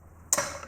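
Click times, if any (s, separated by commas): 0.3 s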